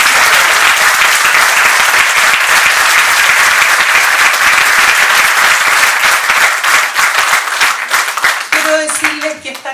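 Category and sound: crowd, audience applause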